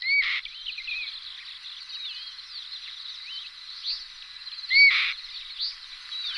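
Black-winged kite calls: two brief, loud, harsh notes with a short rising whistle, about four and a half seconds apart, over a steady chorus of small songbirds.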